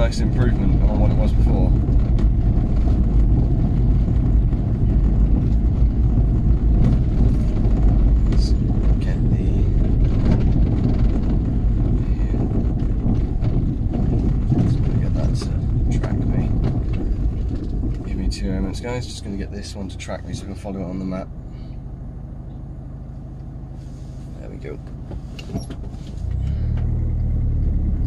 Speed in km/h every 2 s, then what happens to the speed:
21, 19, 21, 21, 19, 16, 15, 13, 11, 3, 0, 0, 0, 0.
0-7 steady at about 21. 7-19 slows to 0. 19-28 standing.